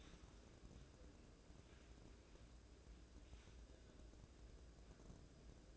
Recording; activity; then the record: daily activity, microphone in the room; wipe stove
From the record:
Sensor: 2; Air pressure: 1012.2 hPa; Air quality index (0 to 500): 161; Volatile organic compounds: 2 ppm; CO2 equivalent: 1174 ppm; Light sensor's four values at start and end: 402/1065/403/437 and 403/1068/404/437